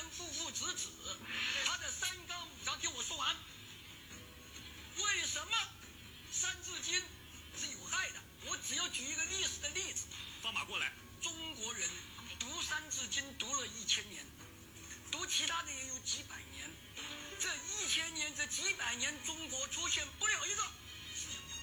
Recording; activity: daily activity, guitar pickup as the sensor; browse video